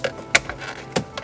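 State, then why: Seated. A plastic rear interior trim panel on a 2016 Land Rover Sport, refitted with its back clip located first, has its three or four plastic clips pushed down into the car body. A few short plastic snaps are heard, the loudest at 0.4 s, with background music. The panel snaps into place and is seated.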